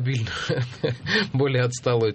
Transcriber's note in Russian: смеется